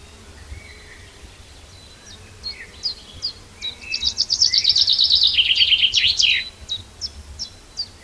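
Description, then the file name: Common chaffinch song: scattered high ticks build into a loud, rapid trill that drops in pitch and ends in a sharp flourish, then the ticking resumes. "Fringilla coelebs"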